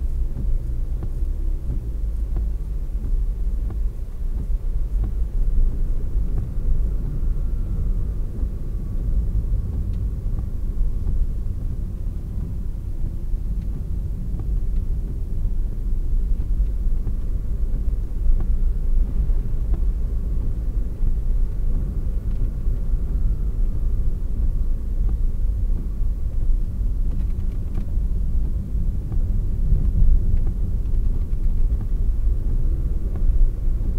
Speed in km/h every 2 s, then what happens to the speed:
38, 39, 41, 43, 40, 36, 33, 26, 18, 19, 25, 34, 37, 38, 35, 35, 34.
0-7 steady at about 39. 7-16 slows to 18. 18-23 speeds up to 37. 23-34 steady at about 35.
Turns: 14-17, 26-34.